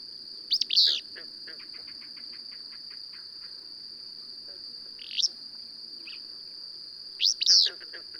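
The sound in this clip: Bird song: loud high chirps near the start, past the middle and at the end, with a soft, fast series of ticking notes after the first burst and a steady high whine beneath.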